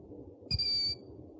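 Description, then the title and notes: Owl producing one short, high, level whistle of about half a second over low background noise. Compilation of 69 call variants from 11 owl species. "Sovy - Eulen - Owls. 69 variant hlasů - 11 druhů sov"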